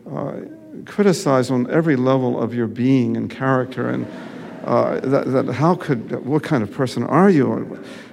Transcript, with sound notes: criticized on every level of your being and character and...
(LAUGHTER)
.... and how could -- what kind of person are you?